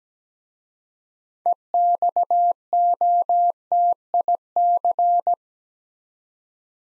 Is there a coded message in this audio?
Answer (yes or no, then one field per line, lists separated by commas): yes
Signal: Morse code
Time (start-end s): 1.5-5.3 s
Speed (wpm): 17 wpm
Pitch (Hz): 700 Hz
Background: none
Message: EXOTIC